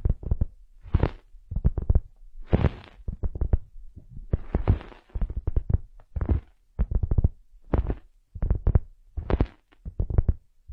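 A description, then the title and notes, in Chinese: Ear massage sounds: rubbing and pressing that come in quick, uneven bursts, each with a low thump and a rustling, brushing hiss above it. The bursts repeat every half second or so across the whole clip, with short quiet gaps between them. 按摩耳朵，一些让人放松的声音。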